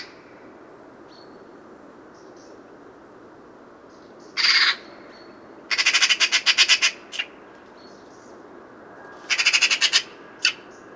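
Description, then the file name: Eurasian magpie chattering: a single harsh note, then a rapid rattling series of about ten notes, followed later by another shorter rattle and a final squawk. "Pica pica"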